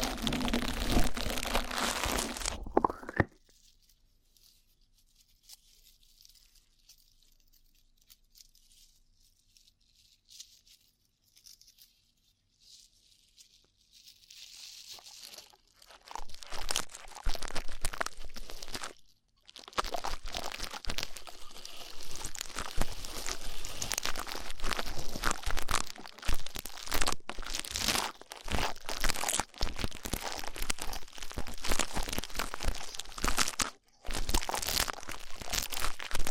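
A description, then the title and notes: Rough ear cleaning with dense, scratchy crackling and crunching rubs. A loud burst opens, then about ten seconds of near silence with only faint high hiss, before harsh rustling returns around sixteen seconds and continues irregularly, broken by brief dropouts, to the end. ASMR Rough Ear Cleaning (No Talking).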